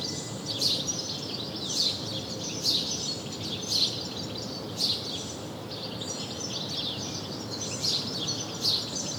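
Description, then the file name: House sparrow calls, single sharp chirps repeated roughly once a second, with a steady low background hum. "Passer domesticus"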